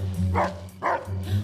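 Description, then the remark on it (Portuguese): Two loud, deep barks from a Doberman, spaced about half a second apart, each with a rough, booming low end, with no one talking over them. “Vem do cão! Vem do Doberman!”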